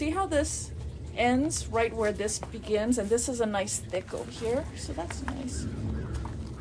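Someone talks while handling a strap clip at the buckle of a Leatt 6.5 Body Protector, fastening a second strap. A brief soft tap sounds near the end, but the clip has not clicked or seated into the buckle yet.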